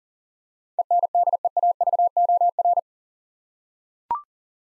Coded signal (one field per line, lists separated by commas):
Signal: Morse code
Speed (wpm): 40 wpm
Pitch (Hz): 700 Hz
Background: none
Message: ENDEAVOR